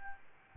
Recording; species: mosquito wingbeat signal from an infrared sensor; Aedes albopictus